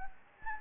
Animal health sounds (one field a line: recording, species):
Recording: mosquito wingbeat signal from an infrared sensor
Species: Anopheles gambiae